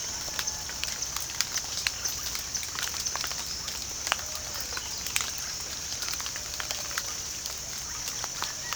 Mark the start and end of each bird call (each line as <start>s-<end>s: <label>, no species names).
1.17s-3.83s: bird call
4.12s-8.75s: bird call